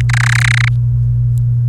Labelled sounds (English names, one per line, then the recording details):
Domestic Canary song
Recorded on 29 April 2018 at 06:19
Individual llb3